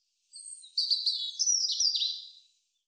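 European robin song, one rich phrase of high trills and fluid sliding notes lasting about two seconds, quiet otherwise.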